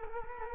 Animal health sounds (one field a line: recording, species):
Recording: mosquito wingbeat signal from an infrared sensor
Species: Culex quinquefasciatus